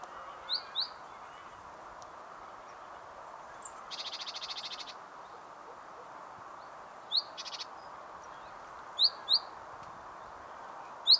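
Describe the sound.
Great tit calls: scattered sharp high ticks, often paired, and two dry buzzing churrs, against a steady low hum.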